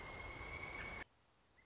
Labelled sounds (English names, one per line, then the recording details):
Pileated Woodpecker
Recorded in Sonoma County, California